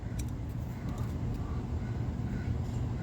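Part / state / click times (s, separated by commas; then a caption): cylinder head bolt in an engine cylinder / not seated / none. A T-27 cylinder head bolt in the engine cylinder of a Homelite ZS830B is turned with a screwdriver, with a steady low rumbling noise throughout. The bolt loosens, but the snap expected as it breaks loose never comes, so nothing has snapped.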